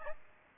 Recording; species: mosquito wingbeat signal from an infrared sensor; Aedes albopictus